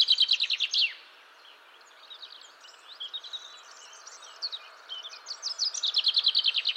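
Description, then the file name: Common chaffinch song, a rapid run of bright descending notes ending in a flourish, repeated near the end; other small birds chirp and twitter softly in between. "Fringilla coelebs"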